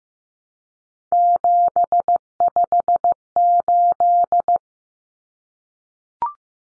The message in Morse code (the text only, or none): 758